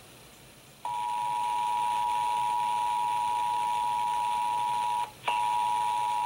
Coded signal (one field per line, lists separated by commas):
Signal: Emergency Alert System (SAME) tones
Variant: 853 and 960 Hz attention tone